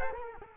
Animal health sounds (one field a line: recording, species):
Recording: mosquito wingbeat signal from an infrared sensor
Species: Culex quinquefasciatus